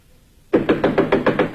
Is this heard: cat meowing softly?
no